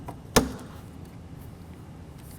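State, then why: Seated. The rear foam-backed trim piece of a Bestop TrekTop Pro replacement soft top on a 2011 Jeep JK is slipped into its retaining clip and pressed up at the center. After a faint tick near 0.1 s, a single sharp pop at 0.4 s marks the piece seating in the clip, followed by low background noise.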